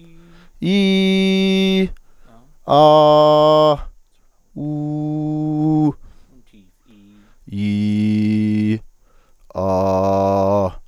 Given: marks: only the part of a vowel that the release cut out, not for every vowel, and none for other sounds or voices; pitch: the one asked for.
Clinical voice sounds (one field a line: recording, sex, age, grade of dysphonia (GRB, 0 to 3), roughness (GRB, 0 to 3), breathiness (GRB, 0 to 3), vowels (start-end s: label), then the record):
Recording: sustained vowels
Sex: male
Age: 30 to 39 years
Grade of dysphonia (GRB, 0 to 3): 0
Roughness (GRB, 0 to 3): 0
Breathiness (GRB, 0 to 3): 0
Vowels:
0.73-1.73 s: vowel /i/, high pitch
2.89-3.67 s: vowel /a/, high pitch
4.68-5.61 s: vowel /u/, high pitch
7.64-8.66 s: vowel /i/, low pitch
9.66-10.58 s: vowel /a/, low pitch
From the record:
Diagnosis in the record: healthy voice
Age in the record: 33 years